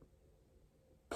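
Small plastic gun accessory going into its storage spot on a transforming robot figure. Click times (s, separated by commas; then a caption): 1.1 s. A small plastic gun accessory is pushed into its hidden storage position on a plastic Transformers transforming robot figure. After a quiet stretch of low background noise, a single sharp pop is heard at 1.1 s as the part seats into place.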